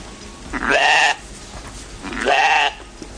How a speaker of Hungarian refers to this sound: Hegytetőn találtuk magunkat, és ilyen kedélyes kecskék vesznek körbe bennünket.